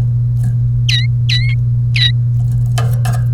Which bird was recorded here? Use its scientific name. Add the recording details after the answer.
Serinus canaria. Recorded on 30 April 2018 at 16:52. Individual llb3